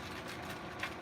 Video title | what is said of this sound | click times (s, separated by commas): Grow mushrooms at home, in small easy to use bags MycoAlan is live! | It snaps in place. | 0.8 s